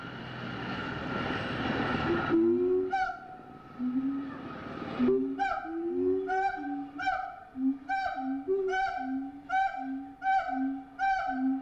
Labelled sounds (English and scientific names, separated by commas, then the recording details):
Siamang (Symphalangus syndactylus)
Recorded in captivity
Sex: pair
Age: adult
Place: Zoo Berlin, Berlin, DE
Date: 1985-09-13
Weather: sonnig, 14 - 18°C
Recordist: Tembrock, Günter